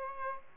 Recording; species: mosquito wingbeat signal from an infrared sensor; Aedes aegypti